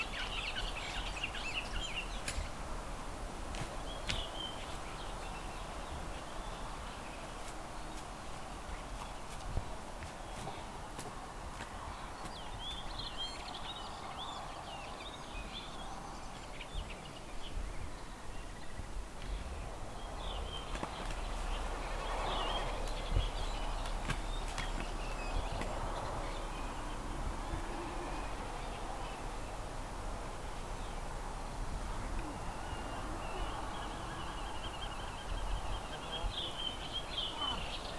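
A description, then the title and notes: Outdoor ambience in a rural churchyard, with a steady low rumble of wind under everything. Small birds chirp and trill, clustering near the start, around ten seconds, and again at the end, with scattered faint clicks and taps throughout. Sounds gathered at Bobby Fischer's grave. Laugardælir churchyard near Selfoss, Iceland.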